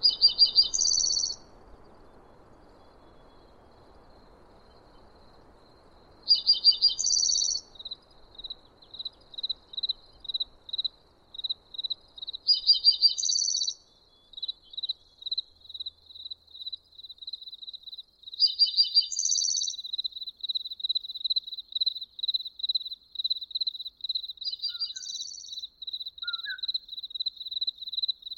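A bird repeats a bright, buzzy phrase about every six seconds, with steady high chirping between phrases and a low rumble fading early on.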